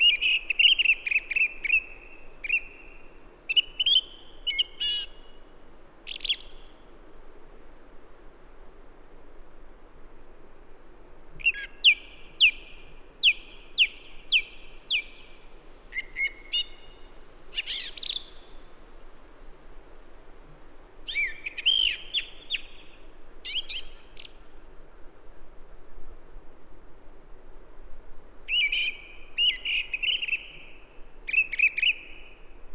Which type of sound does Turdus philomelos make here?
song